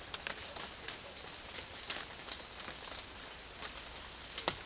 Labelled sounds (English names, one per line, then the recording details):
none
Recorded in secondary vegetation near Puerto Asís, Putumayo, Colombia, on 25 June 2025 at 14:30
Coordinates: 0.499, -76.323
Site G077